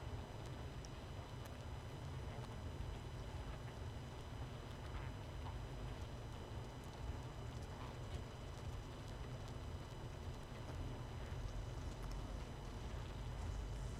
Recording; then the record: honeybee colony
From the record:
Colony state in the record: missing queen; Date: 31 May 2018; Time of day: 20:32